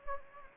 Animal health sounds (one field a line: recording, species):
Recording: mosquito wingbeat signal from an infrared sensor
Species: Anopheles gambiae